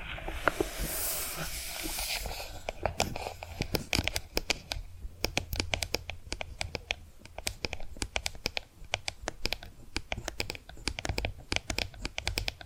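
Tapping and scratching sounds, opening with a smeared, hissy scratching for about the first three seconds. After that come quick, sharp taps in irregular bursts, dense and crisp like typing on keys, continuing steadily to the end over a faint low hum.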